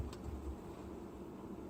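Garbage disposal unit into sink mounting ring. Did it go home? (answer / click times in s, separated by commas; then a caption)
no / none. A garbage disposal unit is being turned on its mounting ring under the sink with channel-lock pliers to lock it in place. Only a low, steady rumble with faint scraping is heard, with no sharp hit. Nothing has seated or clicked yet.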